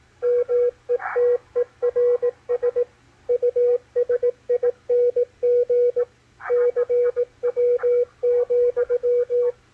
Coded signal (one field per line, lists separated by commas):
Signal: Morse code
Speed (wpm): 18 wpm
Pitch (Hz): 490 Hz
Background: radio noise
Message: METERS USING CW,